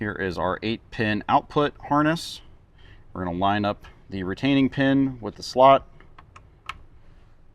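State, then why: Seated. Someone talks while an 8-pin plastic output harness plug from an AudX plug-and-play 5-channel amplifier kit for a 2010–2024 Toyota 4Runner is lined up by its retaining pin with the slot on the amplifier and pushed in. A few faint ticks follow the speech, then a sharp click at 6.7 s as the connector locks into place, fully seated.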